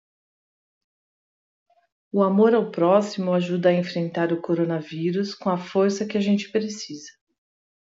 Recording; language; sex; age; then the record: spoken sentence; Brazilian Portuguese; female; 50 to 59 years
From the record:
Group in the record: control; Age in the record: 53 years